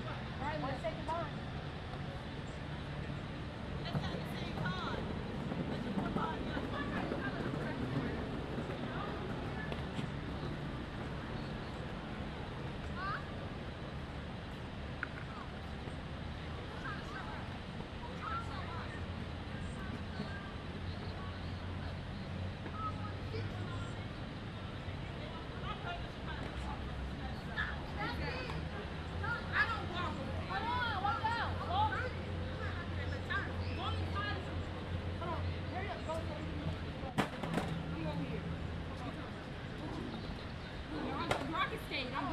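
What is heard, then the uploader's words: Skaters practice tricks at Lake Eola Park while people talk and stroll by. A steady low rolling rumble runs throughout, with chatter and scattered voices over it. Sharp clacks and board snaps break through now and then, clustering around the last third. Skaters Practicing at Lake Eola Park (Orlando, Florida). I sat under a tree at Lake Eola Park in Orlando, Florida as a group of skaters practiced tricks, people strolled.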